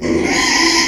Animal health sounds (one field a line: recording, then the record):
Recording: squeal of a Yucatan mini pig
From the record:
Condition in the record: after surgery on the right vocal fold (resection and tissue-engineered implant)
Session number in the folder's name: 2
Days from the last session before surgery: 13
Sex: male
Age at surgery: 12 weeks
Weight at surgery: 13 kg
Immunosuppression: cyclosporine, prednisolone